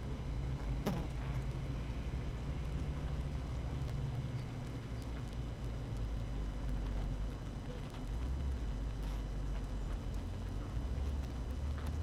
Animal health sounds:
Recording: honeybee colony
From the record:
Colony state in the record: active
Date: 12 June 2018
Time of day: 6:48

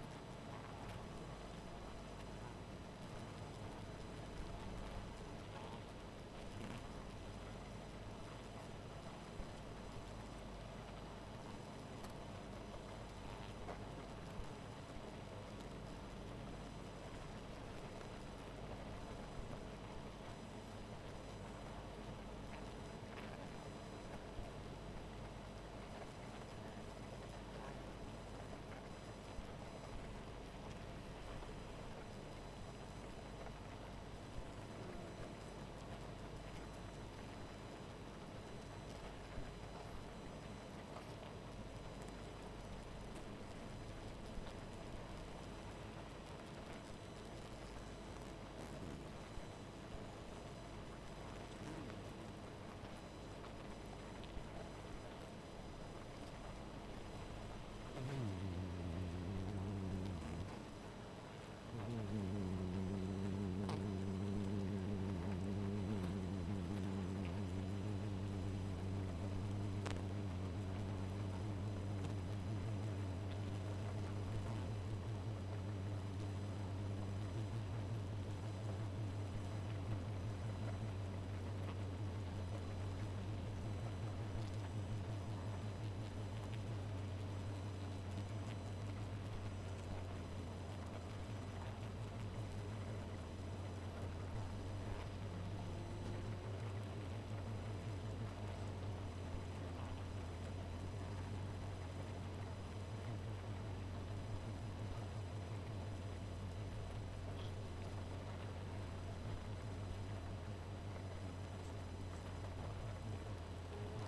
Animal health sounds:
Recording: honeybee colony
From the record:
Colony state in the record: missing queen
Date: 14 July 2017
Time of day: 2:25

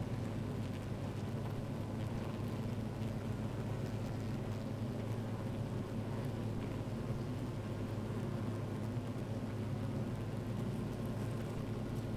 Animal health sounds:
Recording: honeybee colony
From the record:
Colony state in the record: active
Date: 28 July 2017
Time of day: 12:37

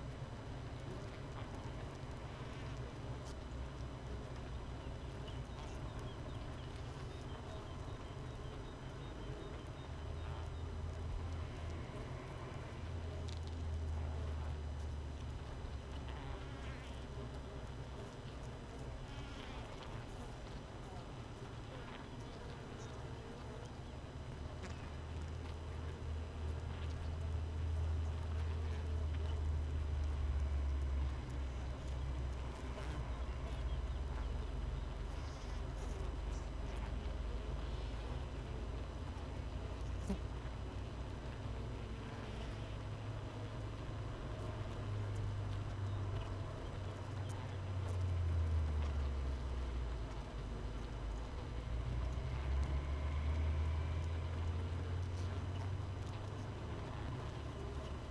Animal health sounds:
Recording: honeybee colony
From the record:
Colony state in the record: missing queen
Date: 31 May 2018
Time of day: 5:47

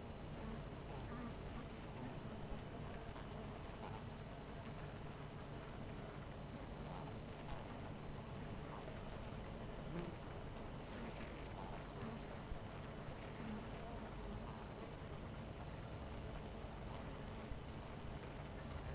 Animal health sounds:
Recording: honeybee colony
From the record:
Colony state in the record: missing queen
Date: 14 July 2017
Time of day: 18:12

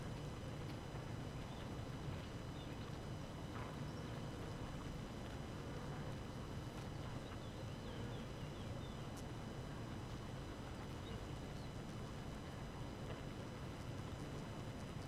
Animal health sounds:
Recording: honeybee colony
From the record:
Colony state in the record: active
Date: 12 June 2018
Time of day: 4:40

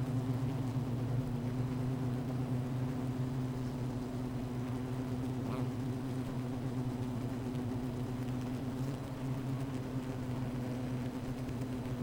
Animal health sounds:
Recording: honeybee colony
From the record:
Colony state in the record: missing queen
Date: 14 July 2017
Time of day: 15:11

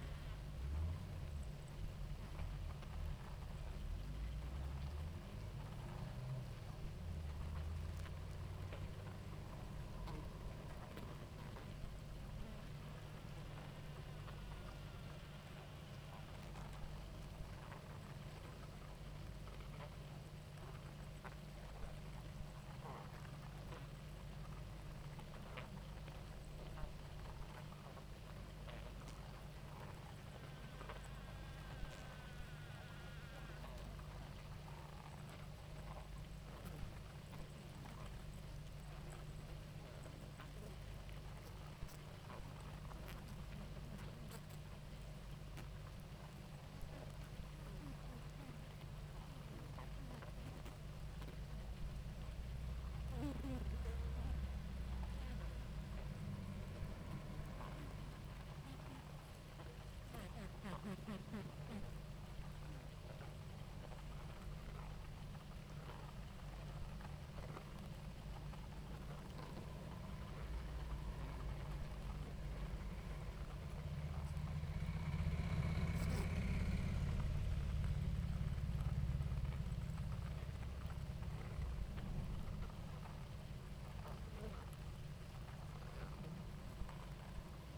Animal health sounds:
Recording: honeybee colony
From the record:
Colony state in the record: active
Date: 28 July 2017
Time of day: 18:45

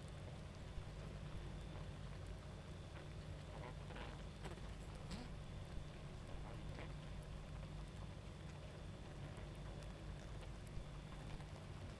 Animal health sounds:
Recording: honeybee colony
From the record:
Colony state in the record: active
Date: 28 July 2017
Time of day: 23:37

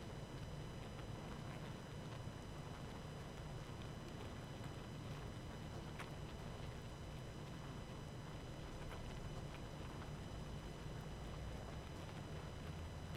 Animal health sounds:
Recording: honeybee colony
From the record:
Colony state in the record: active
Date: 12 June 2018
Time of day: 19:19

